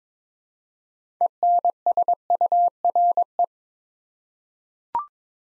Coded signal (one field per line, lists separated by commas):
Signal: Morse code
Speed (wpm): 22 wpm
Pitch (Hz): 700 Hz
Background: none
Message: ENSURE